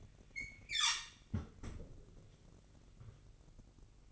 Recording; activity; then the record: daily activity, microphone in the room; close fridge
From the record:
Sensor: 4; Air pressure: 1008.6 hPa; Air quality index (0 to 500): 75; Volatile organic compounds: 1 ppm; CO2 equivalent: 632 ppm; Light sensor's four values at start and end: 13/30/12/13 and 15/35/14/14